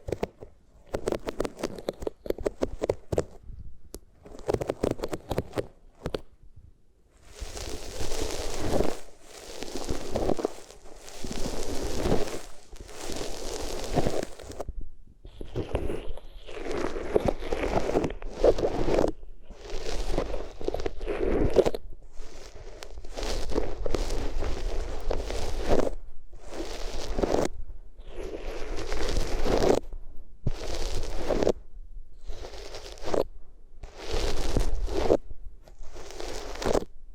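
Materials are rubbed against the ears in a series of scratchy, rustling strokes, each a burst of a second or two separated by short pauses. The first seven seconds are quieter and choppier; after that the rubbing grows fuller and brighter, keeping a steady back-and-forth rhythm.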